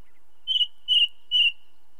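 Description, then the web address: Ring ouzel song: three clear, fluty whistled notes in a row, evenly spaced about half a second apart, against silence. Song recorded in the British Isles. "Sound Effects Library (British Birds) Ring Ouzel song, with song of second bird, red grouse and cuckoo in background"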